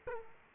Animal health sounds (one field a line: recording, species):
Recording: mosquito wingbeat signal from an infrared sensor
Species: Culex quinquefasciatus